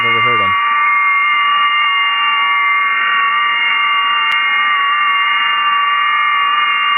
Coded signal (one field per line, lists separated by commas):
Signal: FT8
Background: speech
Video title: An SDR That Transmits - The Hermes Lite 2